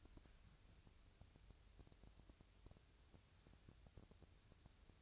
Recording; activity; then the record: daily activity, microphone in the room; wipe stove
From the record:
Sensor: 2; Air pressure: 1001.5 hPa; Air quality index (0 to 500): 226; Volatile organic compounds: 25 ppm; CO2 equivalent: 2836 ppm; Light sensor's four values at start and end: 7/26/10/9 and 7/26/10/9